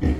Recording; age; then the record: pig call; growing-finishing pig (85 days or more)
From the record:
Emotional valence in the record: negative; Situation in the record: barren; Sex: female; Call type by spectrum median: low-frequency call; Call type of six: low-frequency stable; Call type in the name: low-frequency stable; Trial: 2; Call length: 0.20 s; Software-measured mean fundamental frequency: 39 Hz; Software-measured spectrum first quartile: 79 Hz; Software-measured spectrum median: 171 Hz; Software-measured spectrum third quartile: 335 Hz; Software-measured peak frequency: 78 Hz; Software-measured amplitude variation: 109 dB a second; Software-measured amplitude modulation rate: 24.8 a second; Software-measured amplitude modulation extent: 4.4 dB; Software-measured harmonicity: -2.4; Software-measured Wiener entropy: -0.99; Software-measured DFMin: 854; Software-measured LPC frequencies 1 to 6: 292, 1896, 3139, 4149, 5349, 6294 Hz